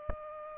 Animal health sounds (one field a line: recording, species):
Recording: mosquito wingbeat signal from an infrared sensor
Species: Aedes aegypti